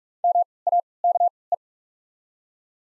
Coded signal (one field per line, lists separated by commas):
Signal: Morse code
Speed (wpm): 43 wpm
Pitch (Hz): 700 Hz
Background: none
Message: M A K E